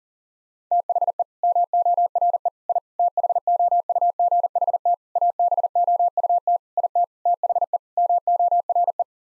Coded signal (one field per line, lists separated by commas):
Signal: Morse code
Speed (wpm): 40 wpm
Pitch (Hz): 700 Hz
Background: none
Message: THE MORE I THOUGHT ABOUT IT THE MORE